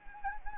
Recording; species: mosquito wingbeat signal from an infrared sensor; Anopheles gambiae